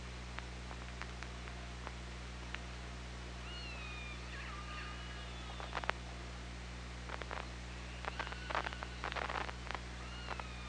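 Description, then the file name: Killer whale calls, faint rising and falling whistled tones with scattered sharp clicks over a steady low underwater hum. Hydrophone at OrcaLab, 24 August 2017, around 18:05. "Orca Lab 20170824 180539"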